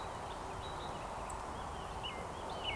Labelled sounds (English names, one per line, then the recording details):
Eurasian Woodcock
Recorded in Baden-Württemberg, Germany, on 13 June 2020 at 19:30 UTC
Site 43791, 788 m above sea level